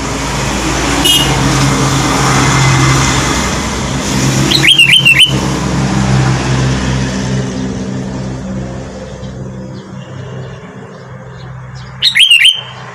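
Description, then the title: Sooty-headed bulbul song: two short bursts of bright, bubbly whistled notes several seconds apart, over steady rumbling traffic and engine noise. "Kutilang"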